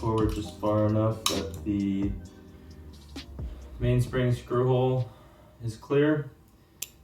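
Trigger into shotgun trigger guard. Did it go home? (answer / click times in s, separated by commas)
yes / 6.8 s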